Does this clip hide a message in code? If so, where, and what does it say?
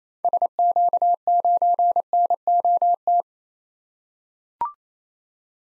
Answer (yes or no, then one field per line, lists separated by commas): yes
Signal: Morse code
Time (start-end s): 0.2-3.2 s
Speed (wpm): 27 wpm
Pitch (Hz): 700 Hz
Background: none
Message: SQ9NOT